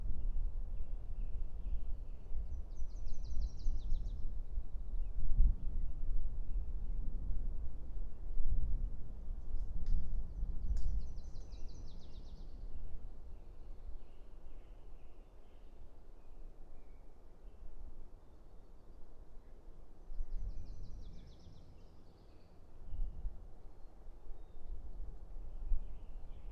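A deep, rolling rumble of thunder fills the low end throughout, swelling around the fifth to eleventh seconds and again near twenty to twenty-three. Above it, small birds call in brief bright bursts every few seconds in an open, quiet outdoor setting.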